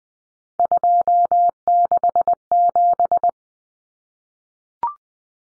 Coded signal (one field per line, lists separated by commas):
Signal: Morse code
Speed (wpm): 20 wpm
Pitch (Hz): 700 Hz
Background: none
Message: 267